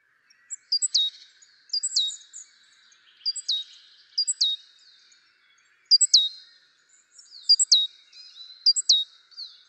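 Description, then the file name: Great tit calls: thin, very high chirps, each ending in a sharp downward flick, given in small repeated clusters, with faint background hiss. "Parus major"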